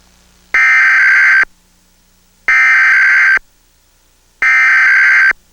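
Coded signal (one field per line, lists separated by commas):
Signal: Emergency Alert System (SAME) tones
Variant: header bursts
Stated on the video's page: EAS monthly test for New Jersey, recorded off air onto tape found at a flea market.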